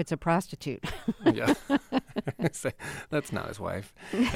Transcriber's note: laughter